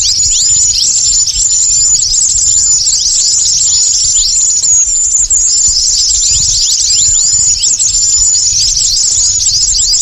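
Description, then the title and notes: Many birds chirping at once, high thin twitters and falling notes in a continuous stream, a bright whistle tone recurring above them. Lure calls for attracting stubborn, wary birds that are hard to approach. "Suara Burung Bandel Yang Susah Mendekati. Kompilasi Suara Pikat Burung"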